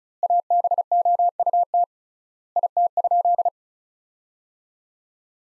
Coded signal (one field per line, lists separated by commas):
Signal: Morse code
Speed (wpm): 36 wpm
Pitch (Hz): 700 Hz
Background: none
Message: ABOUT IT?